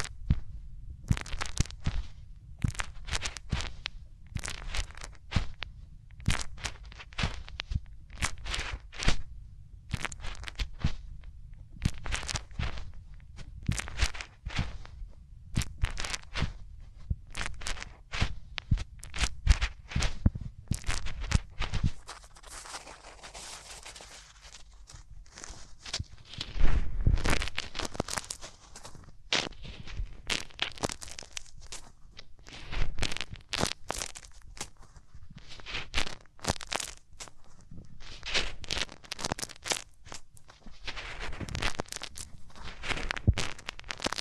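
Hands rub close up against the ears, making dense, crackling bursts of scratchy friction that come in quick, irregular strokes for the whole time. A low rumble sits under the first half, then thins out after about 22 seconds, with a louder, rougher stretch around 26 to 28 seconds.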